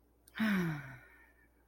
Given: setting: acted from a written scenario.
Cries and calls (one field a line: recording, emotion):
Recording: vocal sound without words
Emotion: serenity